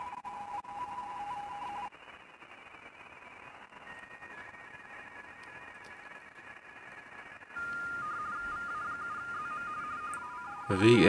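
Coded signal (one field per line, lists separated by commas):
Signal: RTTY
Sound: several warbling two-tone teletype signals at once over hiss, then a loud noise burst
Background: radio static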